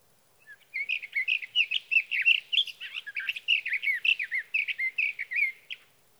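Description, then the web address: Sage thrasher song: a long, rambling stream of fast warbled notes and twangy slurs, sustained for about five seconds without pause. "birdsongforthecurious Sage Thrasher"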